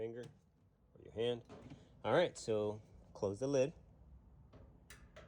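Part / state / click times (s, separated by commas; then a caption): washer top panel onto the cabinet / seated / 4.9 s. Someone talks while the top panel of a Kenmore/Whirlpool washer is closed down over the cabinet after a lid switch repair. A short, sharp click at 4.9 s, with a second faint tick at 5.2 s, marks the panel latching shut onto the cabinet.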